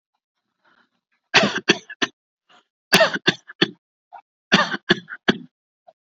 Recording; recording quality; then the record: shallow voluntary cough; excellent, no background noise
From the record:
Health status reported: healthy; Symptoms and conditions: diabetes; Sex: male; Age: 48 years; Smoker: not ticked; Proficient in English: yes